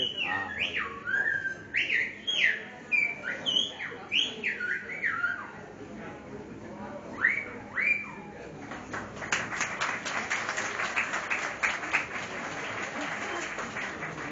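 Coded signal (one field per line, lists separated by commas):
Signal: whistled language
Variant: Silbo Gomero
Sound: loud gliding whistles rising and falling in pitch, then clattering room noise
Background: restaurant clatter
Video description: In this restaurant situated in Agulo, you can se a demonstartion of the Old Whistling Language of La Gomera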